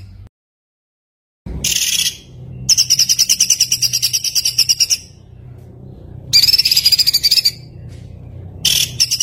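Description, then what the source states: White-eye song: high, rapid chattering trills in several bursts after a silent gap, with a thin whistled tone running through, over a faint low hum. Continuous singing (gacor) with full shooting song (tembakan), used as masteran for tutoring other songbirds.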